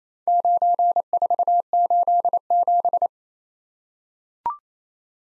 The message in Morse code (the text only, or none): 9487